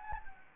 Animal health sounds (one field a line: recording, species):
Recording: mosquito wingbeat signal from an infrared sensor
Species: Anopheles gambiae